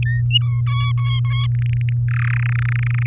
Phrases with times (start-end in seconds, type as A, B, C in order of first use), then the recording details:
0.06-0.21 A, 0.30-0.61 B, 0.67-1.47 C, 1.55-1.93 D, 2.08-2.38 E, 2.39-3.06 F. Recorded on 8 May 2018 at 14:49. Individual llb16